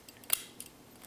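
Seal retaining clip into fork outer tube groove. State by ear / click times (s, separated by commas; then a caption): seated / 0.3 s. A metal seal retaining clip is pressed with pliers into its groove in the outer tube of a motorcycle fork, above the new oil seal, on a KLX/DRZ 400 fork. A sharp metallic snap at 0.3 s marks the clip seating in the groove, with faint small ticks around it and a softer click at 0.6 s.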